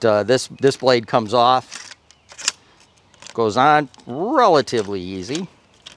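A detachable 10-inch pruning saw blade is fitted back onto the metal head of an extension pole saw while someone talks. Brief metallic handling taps and rattles are heard around 2.1–2.5 s, 3.1–3.2 s and 5.9 s. The clip ends before the blade locks in, so nothing has seated or clicked yet.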